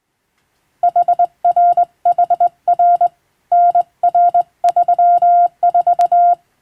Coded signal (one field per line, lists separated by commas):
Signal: Morse code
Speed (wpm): 21 wpm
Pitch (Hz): 700 Hz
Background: none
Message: HRHR NR34